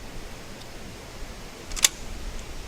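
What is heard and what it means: A crossbow's bowstring is cranked back with a crank cocking device until it locks into the trigger latch. Over a low steady hiss, a single sharp click is heard at 1.8 s as the string locks into place, and someone talks. The string is seated in the latch.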